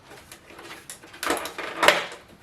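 A plastic case part is being refitted onto the second side of a vintage Toshiba T3200 laptop, pressed from the top so its clip will engage with the chassis. Soft handling rustles build into louder plastic knocks and scrapes around 1.2 and 1.9 seconds. Nothing has clicked or seated yet.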